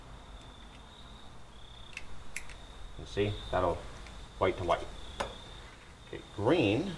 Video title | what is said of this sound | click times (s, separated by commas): Let there be light! Custom Making One Off Lights For Our Classic Bus | I know you probably can't hear it but there's an audible click | 2.0 s, 2.4 s